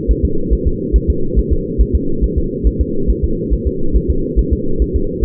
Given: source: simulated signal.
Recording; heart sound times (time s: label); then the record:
fetal heart sounds
0.11 s: S1
0.25 s: S2
0.53 s: S1
0.67 s: S2
0.96 s: S1
1.10 s: S2
1.39 s: S1
1.53 s: S2
1.81 s: S1
1.95 s: S2
2.24 s: S1
2.38 s: S2
2.67 s: S1
2.81 s: S2
3.10 s: S1
3.24 s: S2
3.53 s: S1
3.67 s: S2
3.96 s: S1
4.10 s: S2
4.39 s: S1
4.53 s: S2
4.82 s: S1
4.96 s: S2
5.25 s: S1
From the record:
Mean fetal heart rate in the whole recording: 140 bpm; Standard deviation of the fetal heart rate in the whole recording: 2 bpm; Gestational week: 34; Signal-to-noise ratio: -8.1 dB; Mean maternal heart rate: 72 bpm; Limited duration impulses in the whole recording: present